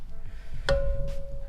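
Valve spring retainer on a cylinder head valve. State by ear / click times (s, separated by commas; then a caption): partly seated / 0.7 s. A valve spring on an LS1 cylinder head valve is slowly compressed, with a cloth underneath pushing the valve up, to free the valve spring retainer. A small pop is heard at 0.7 s with a ringing tone trailing after it. The retainer has not fully broken free yet.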